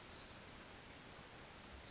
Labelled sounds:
Pacific Wren
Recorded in Sonoma County, California

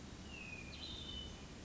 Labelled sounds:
Hermit Thrush
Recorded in Sonoma County, California

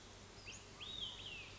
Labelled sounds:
Olive-sided Flycatcher
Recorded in Sonoma County, California

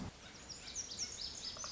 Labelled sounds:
Lazuli Bunting
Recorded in Sonoma County, California

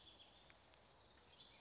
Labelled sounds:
California Towhee
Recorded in Sonoma County, California

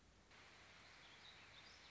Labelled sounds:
Warbling Vireo
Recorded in Sonoma County, California

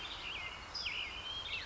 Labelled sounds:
California Towhee
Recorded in Sonoma County, California

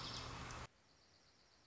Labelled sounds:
Dark-eyed Junco
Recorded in Sonoma County, California

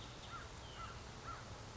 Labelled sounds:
American Crow
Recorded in Sonoma County, California

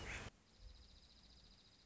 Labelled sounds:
Dark-eyed Junco
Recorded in Sonoma County, California

